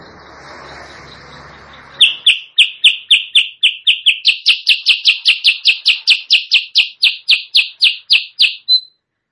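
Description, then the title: Sooty-headed bulbul song: after two seconds of low hiss, a fast run of short sharp chirps, about four a second, that step slightly higher midway and stay steady. Training recording for caged birds, also used as a lure call; described as persistently singing (gacor). "Masteran Kutilang Sutra. suara pikat kutilang sutra kutilang sutra gacor"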